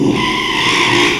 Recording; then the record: squeal of a Yucatan mini pig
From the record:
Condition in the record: after surgery on the right vocal fold (resection and tissue-engineered implant); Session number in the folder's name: 1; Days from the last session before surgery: 6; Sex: male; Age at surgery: 12 weeks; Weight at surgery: 13 kg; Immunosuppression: cyclosporine, prednisolone